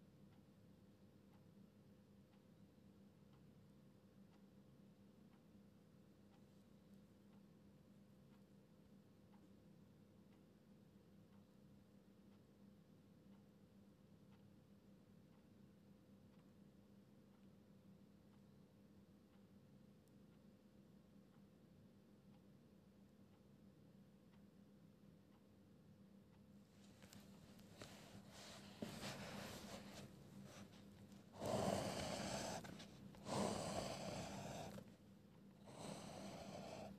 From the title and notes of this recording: (NO MUSIC) Pencil ASMR, quiet space, page flipping, scribbles etc.